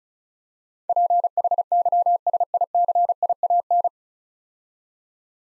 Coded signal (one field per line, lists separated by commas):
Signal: Morse code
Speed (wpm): 36 wpm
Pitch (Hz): 700 Hz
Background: none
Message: PHYSICIAN